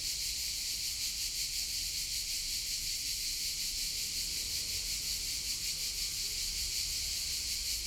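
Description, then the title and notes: Insects calling in a continuous, piercing high-pitched pulsing drone, with faint traffic rumble underneath. "Via Irnerio, 40, 40126 Bologna BO, Italien - city crickets trafic. innenstadt sommer zikaden strassenverkehr"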